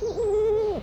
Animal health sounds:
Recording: contact call of a hoofed animal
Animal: goat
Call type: low-frequency (closed-mouth) or high-frequency (open-mouth) call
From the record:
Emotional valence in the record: negative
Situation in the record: short social isolation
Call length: 0.83 s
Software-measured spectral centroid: 1350 Hz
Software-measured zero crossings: 950 a second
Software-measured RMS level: -24 dBFS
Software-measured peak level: -16 dBFS

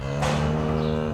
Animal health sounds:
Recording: contact call of a hoofed animal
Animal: cattle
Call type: low-frequency (closed-mouth) or high-frequency (open-mouth) call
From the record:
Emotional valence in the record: negative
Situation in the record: physical separation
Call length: 1.14 s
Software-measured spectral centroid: 1950 Hz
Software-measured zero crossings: 1300 a second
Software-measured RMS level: -24 dBFS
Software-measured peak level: -12 dBFS

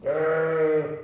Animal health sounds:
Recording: contact call of a hoofed animal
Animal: sheep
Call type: low-frequency (closed-mouth) or high-frequency (open-mouth) call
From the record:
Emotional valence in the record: negative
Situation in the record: short social isolation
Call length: 1.04 s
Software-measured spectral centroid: 1090 Hz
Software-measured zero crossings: 1090 a second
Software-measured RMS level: -24 dBFS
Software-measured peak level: -14 dBFS

